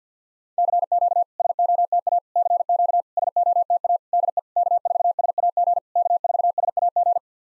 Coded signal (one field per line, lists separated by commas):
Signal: Morse code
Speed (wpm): 53 wpm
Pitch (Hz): 700 Hz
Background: none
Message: CQ SOTA CQ SOTA DE K4SAG K4SAG